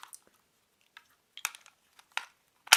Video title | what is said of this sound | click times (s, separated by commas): Heiyo Wireless Car Charger Mobile Phone Mount | right here right there's just snaps right in nice and secure sounding and | 2.7 s